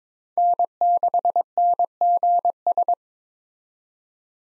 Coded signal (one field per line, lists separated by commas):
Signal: Morse code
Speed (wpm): 22 wpm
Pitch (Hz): 700 Hz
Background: none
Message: N6NGS